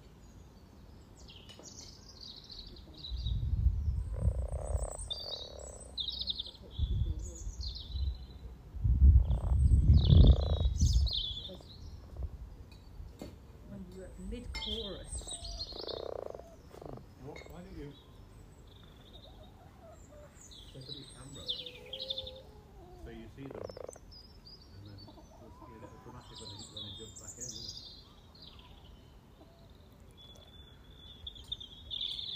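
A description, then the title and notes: A spring frog chorus at a sunny pond: low, rumbling croaks surge loudest around the third to fifth and ninth to eleventh seconds, then settle into softer, patchy calling. High, bright chirps and trills flicker over the top throughout, thick and overlapping. Frog Chorus Spring sounds first Lunch outside St Patrick’s day. Freshfield Formby Merseyside, UK. We have 2 ponds in the garden. The sunny pond has a chorus of 20 frogs some floating, some sitting on the piles of frog spawn that have only recently been laid.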